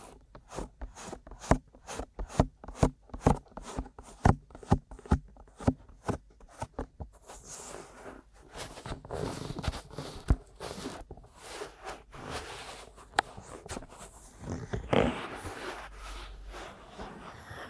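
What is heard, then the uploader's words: Ear massage and tapping: for the first seven seconds, quick sharp taps land in a fast, fairly regular rhythm, several per second. After that the tapping breaks up into denser, rougher rubbing and scratching with scattered louder knocks, continuing unevenly to the end. Aggressive Ear Massage & Tapping.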